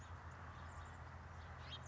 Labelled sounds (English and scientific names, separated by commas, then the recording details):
House Finch (Haemorhous mexicanus)
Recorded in Sonoma County, California